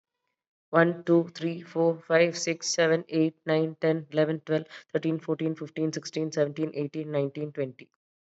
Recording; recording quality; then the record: counting at a fast pace; excellent, no background noise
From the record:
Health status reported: COVID-19 positive, mild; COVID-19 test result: positive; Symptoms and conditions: cold, hypertension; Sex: female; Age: 39 years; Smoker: not ticked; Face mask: worn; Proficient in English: yes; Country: India